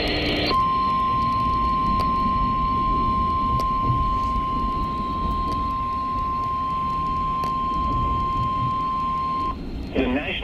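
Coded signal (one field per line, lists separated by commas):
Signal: Emergency Alert System (SAME) tones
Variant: 1050 Hz attention tone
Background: speech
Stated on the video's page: Severe Thunderstorm Warning alert for Miami.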